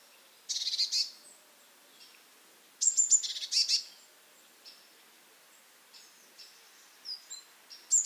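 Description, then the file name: Eurasian blue tit calls, several buzzy scolding bursts, then high thin notes scattered afterward. "Cyanistes caeruleus"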